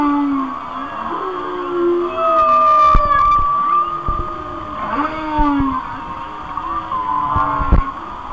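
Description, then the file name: Whale song of long wavering moans and a sustained high whistle, with a few sharp clicks. "Whale Songs- Mike Mc Donald"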